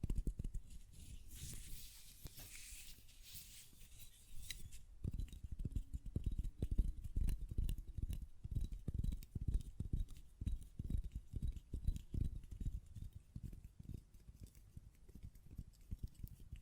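Glass perfume bottle sounds: for the first five seconds a lid is handled with a bright, hissing scrape and soft knocks. After that come rapid, irregular taps, dense and clicky with a dull low thump under each, continuing steadily to the end.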